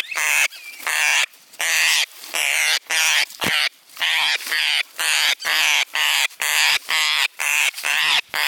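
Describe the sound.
Parrot squawking repeatedly, loud grating calls following one another closely with short gaps.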